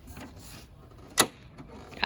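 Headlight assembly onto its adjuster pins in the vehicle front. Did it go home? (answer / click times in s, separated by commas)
partly / 2.0 s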